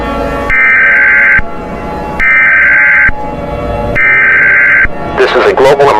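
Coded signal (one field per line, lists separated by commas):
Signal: Emergency Alert System (SAME) tones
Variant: header bursts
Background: speech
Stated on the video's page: Mock EAS alert.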